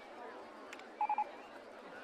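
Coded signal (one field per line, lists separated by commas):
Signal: none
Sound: a game's interface beeps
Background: speech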